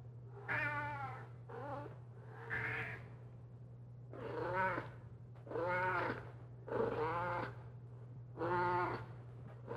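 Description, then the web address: Cat meows repeated about every one to two seconds, each a wavering, harmonic wail, some rising then falling, over a constant low electrical hum. "Madacy Music Group Inc 292 Sound Effects. Cats Meowing"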